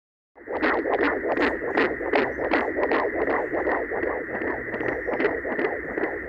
Baby heartbeat.